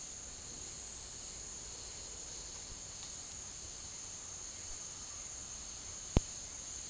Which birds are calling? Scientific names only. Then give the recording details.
none. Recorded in dense forest near Puerto Asís, Putumayo, Colombia, on 20 February 2024 at 09:00. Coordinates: 0.485, -76.322. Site G6406